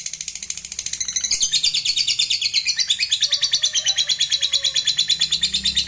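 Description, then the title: Lovebird song: a continuous fast, high-pitched chatter of buzzy pulses that grows louder after the first second and runs throughout. Meant to prompt a lovebird that is reluctant to sing into spontaneous, excited singing. "LOVEBIRD Malas Bunyi JADI GREGET SPONTAN Langsung NARIK"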